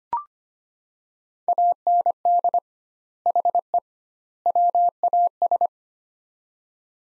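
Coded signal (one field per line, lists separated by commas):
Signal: Morse code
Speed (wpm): 25 wpm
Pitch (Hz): 700 Hz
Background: none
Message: AND HE WAS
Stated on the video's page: Morse practice of three-word sets at 25 wpm with doubled word spacing, a Farnsworth-like method.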